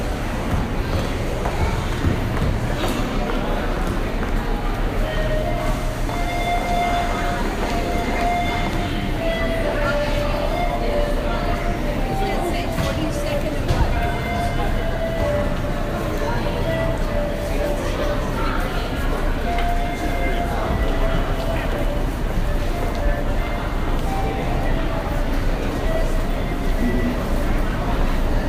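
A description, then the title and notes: Times Square subway station hums with a steady low rumble and constant crowd chatter, while brief tonal whines from trains rise and fade throughout. Times Square Subway Station.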